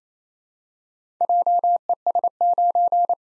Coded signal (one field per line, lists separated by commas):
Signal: Morse code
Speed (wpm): 29 wpm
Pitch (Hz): 700 Hz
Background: none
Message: JES9